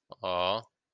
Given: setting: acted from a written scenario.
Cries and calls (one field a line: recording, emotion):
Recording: vocal sound without words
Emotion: adoration